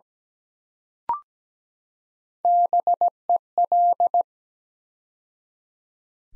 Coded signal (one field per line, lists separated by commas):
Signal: Morse code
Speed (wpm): 17 wpm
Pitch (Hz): 700 Hz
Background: none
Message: BEL